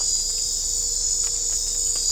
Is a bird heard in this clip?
no